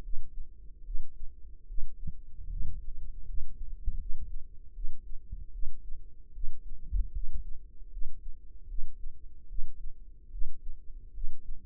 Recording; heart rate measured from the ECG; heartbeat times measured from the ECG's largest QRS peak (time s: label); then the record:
heart sounds by microphone in the right ear; 76 bpm
0.01 s: heartbeat
0.82 s: heartbeat
1.66 s: heartbeat
2.48 s: heartbeat
3.24 s: heartbeat
3.97 s: heartbeat
4.72 s: heartbeat
5.50 s: heartbeat
6.32 s: heartbeat
7.11 s: heartbeat
7.89 s: heartbeat
8.66 s: heartbeat
9.46 s: heartbeat
10.29 s: heartbeat
11.12 s: heartbeat
From the record:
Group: healthy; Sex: female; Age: 19 years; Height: 163 cm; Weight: 51 kg